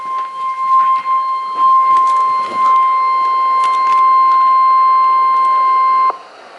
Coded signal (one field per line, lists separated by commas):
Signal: Emergency Alert System (SAME) tones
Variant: 1050 Hz attention tone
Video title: NOAA - 2 SVRs (EAS #1,014-1,015)